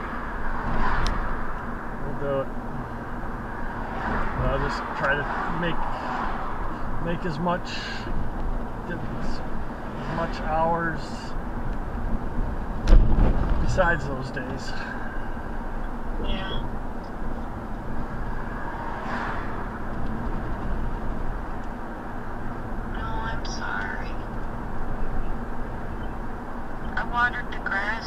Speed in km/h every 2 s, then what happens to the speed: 48, 48, 47, 47, 47, 47, 47, 47, 47, 50, 52, 52, 52, 52.
0-28 steady at about 47.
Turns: none.